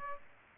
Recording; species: mosquito wingbeat signal from an infrared sensor; Aedes aegypti